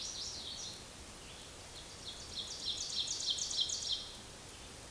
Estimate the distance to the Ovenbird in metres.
about 35 m